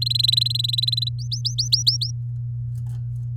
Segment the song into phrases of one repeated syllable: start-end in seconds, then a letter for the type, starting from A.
0.01-1.09 A, 1.19-2.11 B